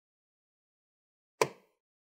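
A single captive screw on the bottom access panel of an HP ProBook 440 G3 laptop is turned loose; it is held by a C-clip so it cannot come out. After silence, one sharp click sounds at 1.4 s and fades quickly, showing the screw is fully loosened and released so turning can stop.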